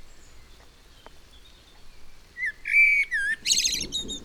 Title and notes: juin 1999 orage et merle. Merle et orage, puis grillons. Massignieu-de-Rives, France